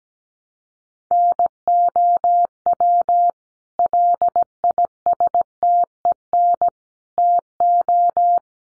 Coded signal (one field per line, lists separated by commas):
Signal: Morse code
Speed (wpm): 17 wpm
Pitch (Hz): 700 Hz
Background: none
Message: NOW LISTEN TO